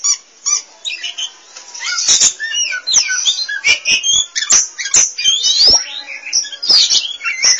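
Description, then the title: Magpie-robin giving a rich, continuous song of looping whistles, rising and falling slurs and brief trills, interspersed with crisp click sounds. Kacer song. "Suara Kicauan Burung Kacer Durasi Panjang"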